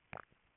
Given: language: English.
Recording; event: throat vibration sensor signal played as sound; swallow